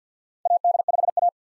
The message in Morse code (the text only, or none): AD5A